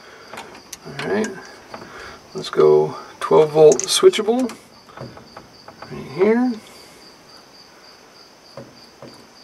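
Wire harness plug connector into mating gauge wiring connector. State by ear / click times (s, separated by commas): not seated / none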